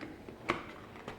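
The plastic stage of a smartphone microscope kit is placed over the light and pressed into its recess in the holder. A sharp click at 0.5 s stands out from a few fainter taps around it. The stage seats, fitting perfectly into its assigned space.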